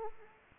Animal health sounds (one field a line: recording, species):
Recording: mosquito wingbeat signal from an infrared sensor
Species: Anopheles arabiensis